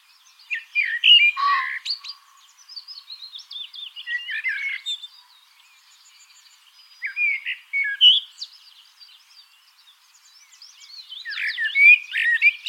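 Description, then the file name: Common blackbird delivering jumbled warbling phrases, mellow notes blended with squeaky, chattering high elements, with gaps of near silence between bursts. "Turdus merula"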